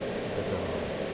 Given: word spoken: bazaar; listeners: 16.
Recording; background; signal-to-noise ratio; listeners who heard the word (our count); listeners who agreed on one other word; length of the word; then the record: one English word in noise, from a listening test; speech-shaped noise; -4.9 dB; 0 of 16; 9 of 16; 0.74 s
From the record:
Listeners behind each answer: 9, 2, 1, 1, 1, 1, 1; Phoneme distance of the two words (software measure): 10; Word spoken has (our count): 2 syllables, 5 phonemes, stress on syllable 2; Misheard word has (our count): 2 syllables, 5 phonemes, stress on syllable 2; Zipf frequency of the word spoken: 2.90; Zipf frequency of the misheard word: 4.22